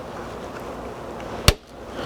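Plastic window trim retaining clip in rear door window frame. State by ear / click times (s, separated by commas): released / 1.5 s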